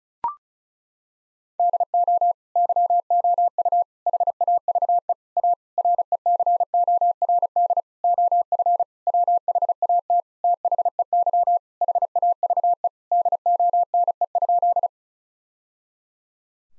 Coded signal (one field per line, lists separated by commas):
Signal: Morse code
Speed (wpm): 36 wpm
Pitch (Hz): 700 Hz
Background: none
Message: DO YOU HAVE A RECORD OF WHAT THEY HAVE DONE?